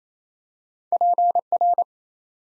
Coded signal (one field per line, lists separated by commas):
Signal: Morse code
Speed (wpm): 27 wpm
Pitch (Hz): 700 Hz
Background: none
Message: PR